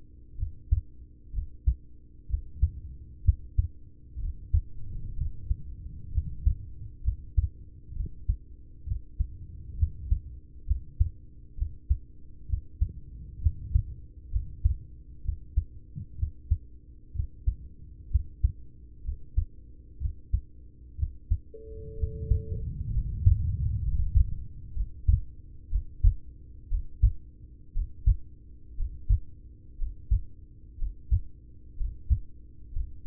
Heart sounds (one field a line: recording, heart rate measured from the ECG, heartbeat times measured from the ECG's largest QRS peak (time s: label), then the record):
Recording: heart sounds by stethoscope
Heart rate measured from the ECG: 63 bpm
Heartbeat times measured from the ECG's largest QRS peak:
0.35 s: heartbeat
1.30 s: heartbeat
2.26 s: heartbeat
3.21 s: heartbeat
4.17 s: heartbeat
5.14 s: heartbeat
6.09 s: heartbeat
7.00 s: heartbeat
7.92 s: heartbeat
8.84 s: heartbeat
9.75 s: heartbeat
10.64 s: heartbeat
11.54 s: heartbeat
12.46 s: heartbeat
13.38 s: heartbeat
14.28 s: heartbeat
15.21 s: heartbeat
16.15 s: heartbeat
17.12 s: heartbeat
18.08 s: heartbeat
19.01 s: heartbeat
19.98 s: heartbeat
20.95 s: heartbeat
21.94 s: heartbeat
22.88 s: heartbeat
23.78 s: heartbeat
24.72 s: heartbeat
25.67 s: heartbeat
26.67 s: heartbeat
27.71 s: heartbeat
28.74 s: heartbeat
29.75 s: heartbeat
30.75 s: heartbeat
31.73 s: heartbeat
32.69 s: heartbeat
From the record:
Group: heart failure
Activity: rest 0-24 s, Valsalva maneuver 24-33 s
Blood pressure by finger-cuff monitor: 105/57 mmHg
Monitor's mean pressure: 73 mmHg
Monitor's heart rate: 63 bpm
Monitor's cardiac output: 6 L/min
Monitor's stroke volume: 94 mL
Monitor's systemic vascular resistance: 880 dyn s/cm5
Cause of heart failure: ischemic heart disease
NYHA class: 1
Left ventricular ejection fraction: 33%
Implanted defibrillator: present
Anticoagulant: apixaban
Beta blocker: carvedilol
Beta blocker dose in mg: 18.75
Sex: male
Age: 39 years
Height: 168 cm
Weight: 72 kg